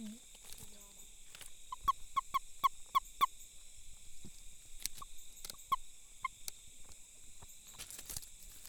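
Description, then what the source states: Frog calling with a quick series of short, clear tonal notes, then a few spaced single notes, against constant high-pitched background hiss. Recorded 2 November 2018, between 18:00 and 20:00.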